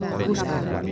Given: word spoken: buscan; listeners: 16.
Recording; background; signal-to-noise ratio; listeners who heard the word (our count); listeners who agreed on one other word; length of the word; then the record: one Spanish word in noise, from a listening test; eight-talker babble; -2.5 dB; 0 of 16; 11 of 16; 0.52 s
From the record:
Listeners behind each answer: 11, 2, 1, 1, 1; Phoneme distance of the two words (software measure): 7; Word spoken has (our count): 2 syllables, 6 phonemes, stress on syllable 1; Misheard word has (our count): 2 syllables, 5 phonemes, stress on syllable 1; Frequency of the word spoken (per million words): 25.50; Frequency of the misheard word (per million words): 100.15